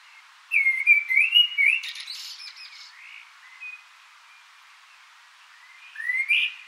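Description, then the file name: Common blackbird singing a rich whistled phrase that breaks into a scratchy high flourish, then faint notes and another short fluted phrase near the end. "Turdus merula"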